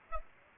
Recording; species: mosquito wingbeat signal from an infrared sensor; Aedes aegypti